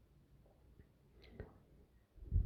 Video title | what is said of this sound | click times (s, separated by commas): Unboxing: Katana 18v 2-piece combo kit, Impact Wrench and Angle Grinder | nice click for the battery make sure it all fits | 1.4 s